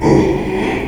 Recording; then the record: squeal of a Yucatan mini pig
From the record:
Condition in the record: after surgery on the right vocal fold (resection and tissue-engineered implant); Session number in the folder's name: 2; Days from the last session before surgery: 13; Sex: male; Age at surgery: 12 weeks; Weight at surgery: 13 kg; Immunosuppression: cyclosporine, prednisolone